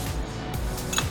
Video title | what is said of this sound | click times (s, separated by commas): Performance Intake, Fits Toyota GR Supra 3.0L 2020+ Installation Guide by Mishimoto | before you install it you should be able to hear it click as it is being installed in place | 1.0 s